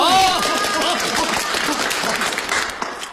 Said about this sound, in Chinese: 本府都正式宣布，本镇邱员外家的二少爷邱小东刚刚下营了为妻国手，鼓掌。